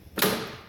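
The over-center PTO clutch of a reassembled Oliver 2050 tractor PTO unit, worked by its lever, snaps into engagement in its housing. A single sharp, bright hit lands at 0.2 s and rings down over the rest of the clip. The clutch is seated and engaged.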